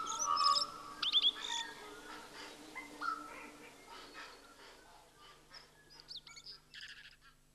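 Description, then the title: Tui song: a varied mix of clear whistled notes, rapid chirps and buzzy clicks, louder at the start and fading to quieter scattered phrases. "Tui sings"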